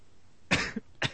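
Two sudden, harsh coughs from an adult man, about half a second apart, the first longer with a brief rough tail, in a quiet small room. It is an abrupt coughing bout that comes on suddenly at the moment of breathing in.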